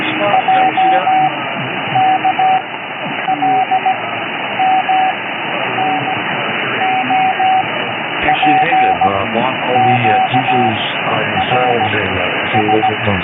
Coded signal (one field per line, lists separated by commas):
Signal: Morse code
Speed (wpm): 17 wpm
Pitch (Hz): 760 Hz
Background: speech, radio noise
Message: J K L M N O P Q R S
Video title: what is this????? cb radio